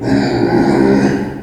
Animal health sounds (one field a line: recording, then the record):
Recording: squeal of a Yucatan mini pig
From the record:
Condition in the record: before surgery on the right vocal fold (resection and tissue-engineered implant)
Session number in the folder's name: 1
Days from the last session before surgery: -21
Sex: female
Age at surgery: 19 weeks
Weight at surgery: 25 kg